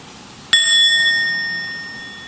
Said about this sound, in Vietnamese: Là khi nghe tiếng chuông, mình không có nói chuyện, mình không có suy nghĩ, mình theo dõi hơi thở, mình lắng dịu thân tâm, mình để tiếng chuông đưa mình trở về với trái tim của mình.